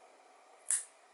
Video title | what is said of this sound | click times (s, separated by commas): How to use Dremel multitool accessory: 456 Metal cutting wheel with speedclic | that little bit and then it suddenly makes this click sound now | 0.7 s